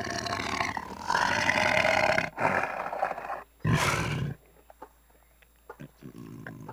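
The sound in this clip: Tiger growls in rough, throaty bursts, followed by a quieter stretch with only faint scattered sounds.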